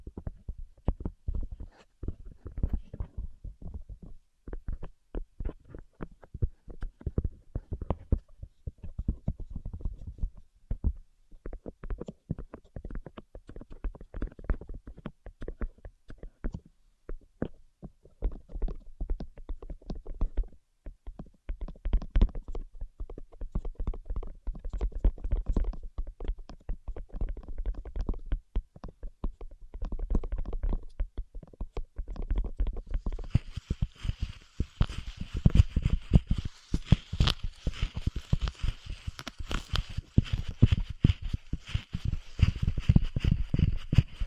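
Rapid, irregular tapping runs throughout, dense clusters of soft thuddy taps with a low, muffled body. Around 33 seconds a brighter, hissing layer joins, and the taps turn sharper and louder through the end. No voice is heard.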